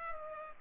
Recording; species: mosquito wingbeat signal from an infrared sensor; Culex pipiens